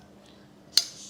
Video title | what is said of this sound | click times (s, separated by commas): Tutorial Nursing Position (Menyusui dalam gendongan) Menggunakan Levana Air Carrier | Terus kita pasang sampai bunyi klik juga. | 0.8 s